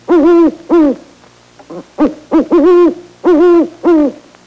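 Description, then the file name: Owl hooting: a series of loud, rich hoots with short gaps between them over a faint steady hum. "Owl hooting long"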